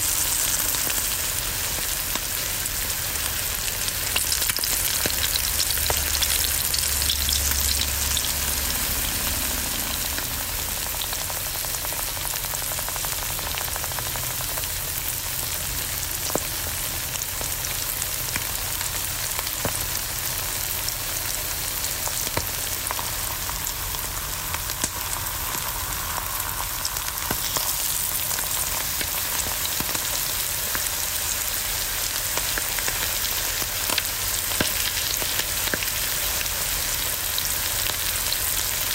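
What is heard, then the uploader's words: An egg fries in a pan with a steady, dense sizzle that stays even throughout. Sharp pops and crackles break through every few seconds, and a low rumble sits underneath during the first ten seconds. Sounds of an egg frying in a pan. This episode features only the natural sounds of frying an egg, with no music or distracting sounds.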